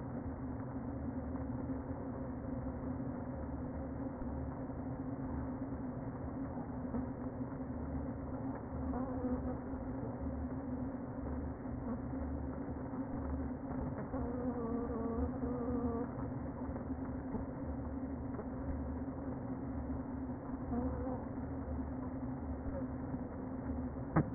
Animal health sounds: honeybee colony, microphone inside the hive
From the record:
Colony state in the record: queen present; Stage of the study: before two queens were removed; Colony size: about 60,000 bees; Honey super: yes

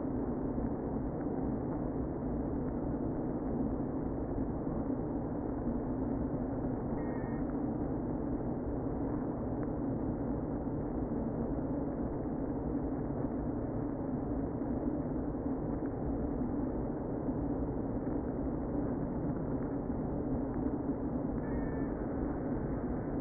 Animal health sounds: honeybee colony, microphone inside the hive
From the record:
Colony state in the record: queen present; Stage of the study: before two queens were removed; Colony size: about 60,000 bees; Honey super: yes

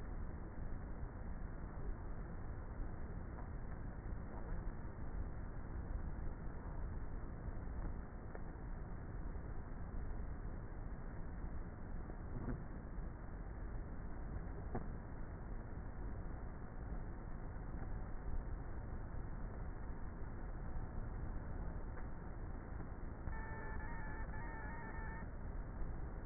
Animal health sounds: honeybee colony, microphone inside the hive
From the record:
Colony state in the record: queenless with a low population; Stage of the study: before two queens were removed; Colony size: about 30,000 bees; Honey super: no

